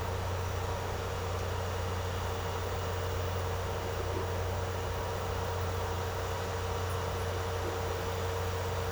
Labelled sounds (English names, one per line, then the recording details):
none
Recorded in secondary vegetation near Puerto Asís, Putumayo, Colombia, on 13 March 2025 at 12:30
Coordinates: 0.468, -76.324
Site G059